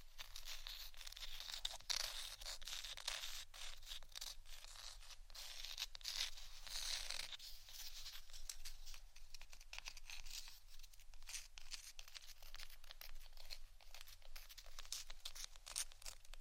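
Intense scratching runs nonstop for the whole stretch, a dense, rough rasp of quick strokes with a crinkly, tearing edge. The sound is bright and hissy with little low end, strongest in the first seven seconds and easing slightly afterward.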